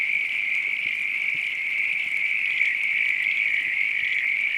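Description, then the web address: Frog chorus of steady high trilling, dense and unchanging over the few seconds heard. Night countryside ambience. "Sound Effects-Foundation AMBIENCE NIGHT COUNTRY FROGS RAIN FARM ANIMALS LOOP"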